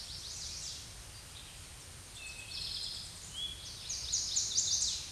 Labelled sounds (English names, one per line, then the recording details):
Eastern Towhee song
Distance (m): 30 m
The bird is about level with the microphone
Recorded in a Pennsylvania forest on 16 May 2024 at 07:39
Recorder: AudioMoth, point MSD-0627
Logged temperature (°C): 14.8 °C
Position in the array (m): 80 m, 14 m